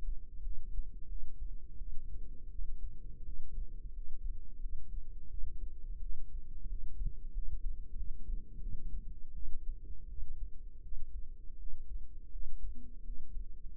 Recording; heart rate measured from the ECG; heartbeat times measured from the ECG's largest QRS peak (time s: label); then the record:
heart sounds by microphone in the right ear; 86 bpm
0.41 s: heartbeat
1.08 s: heartbeat
1.77 s: heartbeat
2.50 s: heartbeat
3.24 s: heartbeat
3.93 s: heartbeat
4.60 s: heartbeat
5.29 s: heartbeat
6.01 s: heartbeat
6.68 s: heartbeat
7.32 s: heartbeat
7.95 s: heartbeat
8.60 s: heartbeat
9.34 s: heartbeat
10.08 s: heartbeat
10.82 s: heartbeat
11.58 s: heartbeat
12.31 s: heartbeat
13.04 s: heartbeat
13.71 s: heartbeat
From the record:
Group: healthy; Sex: female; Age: 22 years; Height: 161 cm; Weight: 65.5 kg